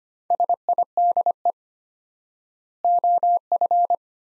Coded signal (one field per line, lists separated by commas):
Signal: Morse code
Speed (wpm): 25 wpm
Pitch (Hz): 700 Hz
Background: none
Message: SIDE OF